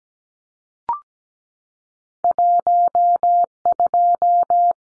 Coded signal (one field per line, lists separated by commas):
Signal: Morse code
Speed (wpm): 17 wpm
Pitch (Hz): 700 Hz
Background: none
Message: 12